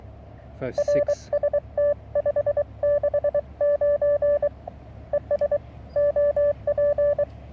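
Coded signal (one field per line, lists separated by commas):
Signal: Morse code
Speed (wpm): 23 wpm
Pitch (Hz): 580 Hz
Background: speech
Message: RST 569 ES OP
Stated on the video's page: Received on a short vertical antenna: a 19 ft wire on a 6 m fishing pole with a 9:1 unun.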